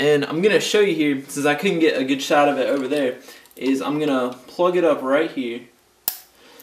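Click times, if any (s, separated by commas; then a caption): 6.1 s. A new spark plug wire boot is pushed onto a terminal of a new plastic distributor cap held on a bench. Someone talks, then a sharp click at 6.1 seconds marks the wire seating onto the cap.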